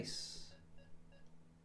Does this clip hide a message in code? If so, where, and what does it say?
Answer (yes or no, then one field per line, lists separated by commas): no